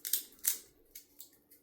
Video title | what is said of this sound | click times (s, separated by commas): The Best Way to Hang Pictures (DIY & Pro Tips!) | ca un velcro și odată ce le-ați făcut clic împreună, puteți dezlipi spatele dintr-o parte | 0.1 s, 0.5 s